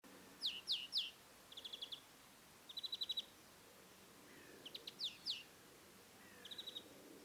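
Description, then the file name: European greenfinch calls: short trilled bursts of rapid ticking notes and several sharp downslurred chips, scattered over seven seconds with faint background hiss. "Chloris chloris"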